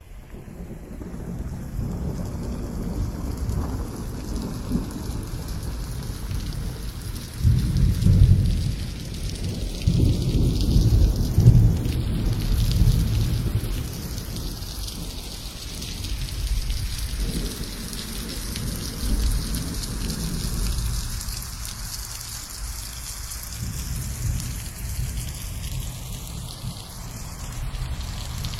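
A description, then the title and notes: Steady rain patters throughout, a dense even hiss with soft drops. Low thunder rumbles swell in the bass, strongest around 8 to 13 seconds and again near 17 and 25 seconds. Faint sweeping tones rise and fall in the background. Extremely delicate atmosphere of rain and thunder.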